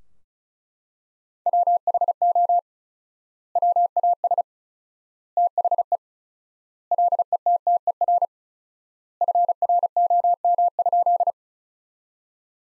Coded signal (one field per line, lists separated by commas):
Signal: Morse code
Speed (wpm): 36 wpm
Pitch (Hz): 700 Hz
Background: none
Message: WHO WAS THE LETTER FROM?